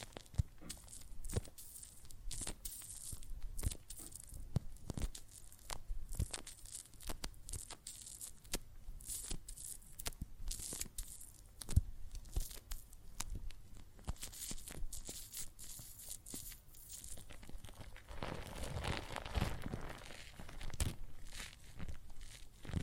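Soapy water and foam crackle and fizz with a dense, irregular stream of tiny pops and crinkles, bright and hissy throughout. Sharper clicks jump out every second or so, and from about 18 to 21 seconds a fuller, louder bubbling swell takes over before settling back.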